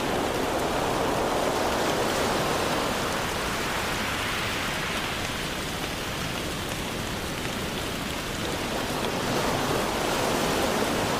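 Rain falls in a steady, dense hiss that barely changes over the whole stretch. The sound is full, spread from a soft low rumble up to a bright patter, with a slight swell in the middle and again near the end.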